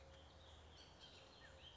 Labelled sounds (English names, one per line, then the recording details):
Bullock's Oriole
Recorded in Sonoma County, California